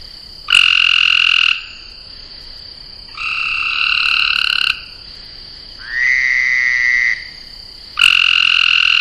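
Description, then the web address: Frogs trilling in long buzzy bursts, one after another, with one lower-pitched rising trill among them and a constant high-pitched drone behind. Frogs in ponds, recorded at the northeast pond on 30 June 2008. "venaurafarm frogs-in-ponds"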